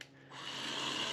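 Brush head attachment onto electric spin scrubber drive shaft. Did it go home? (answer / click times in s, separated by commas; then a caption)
yes / 0.0 s. A bathtub brush head is pushed onto the drive shaft of an electric spin scrubber and locks into place, with a single sharp click at 0.0 s. After a brief quiet hum, a steady, bright whirring builds from about 0.3 s and grows louder through the end.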